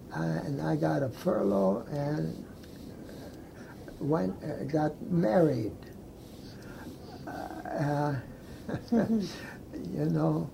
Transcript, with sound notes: ah and I got a furlough and went - got married. Ah (laughs)
Um hum.
You know.